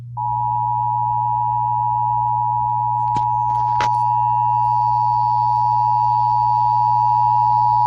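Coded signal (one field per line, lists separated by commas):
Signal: Emergency Alert System (SAME) tones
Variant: 853 and 960 Hz attention tone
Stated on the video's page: Tornado and severe thunderstorm warnings issued over WBAP.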